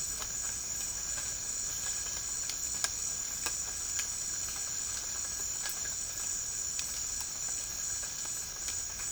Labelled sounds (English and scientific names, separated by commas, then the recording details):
none
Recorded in dense forest near Puerto Asís, Putumayo, Colombia, on 12 March 2025 at 07:30
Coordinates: 0.485, -76.318
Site G056